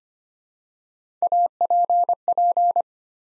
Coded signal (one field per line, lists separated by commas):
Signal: Morse code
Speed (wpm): 25 wpm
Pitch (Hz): 700 Hz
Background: none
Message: APP